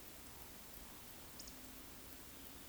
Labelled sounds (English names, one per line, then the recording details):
Eurasian Woodcock whistle
Eurasian Woodcock croak
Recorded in Baden-Württemberg, Germany, on 9 May 2021 at 19:27 UTC
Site 23718, 552 m above sea level